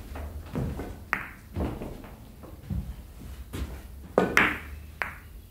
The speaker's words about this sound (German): Als ich zurückkam, hörte ich aus dem Nebenraum das typische Klicken von Billardbällen. Ich schaute kurz rein und achtete mehr auf die Kugeln als auf den Spieler.